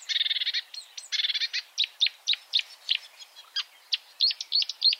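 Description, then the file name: Marsh warbler song opening with rapid buzzy rattles, then a varied run of sharp chirps and squeaky notes delivered briskly. "suara kicauan burung marsh warbler. omkicau"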